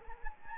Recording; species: mosquito wingbeat signal from an infrared sensor; Anopheles gambiae